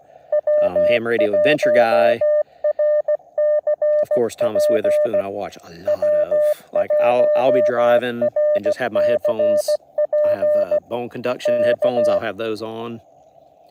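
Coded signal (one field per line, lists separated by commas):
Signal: Morse code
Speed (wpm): 16 wpm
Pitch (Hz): 590 Hz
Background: speech, radio noise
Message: W1RCP W1RCP K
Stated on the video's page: Parks on the Air activation from Joe Budd WMA in Florida.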